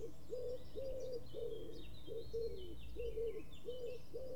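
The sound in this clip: Birds call: a lower repeated cooing note sounds about twice a second throughout, with high twittering chirps above and low background rumble.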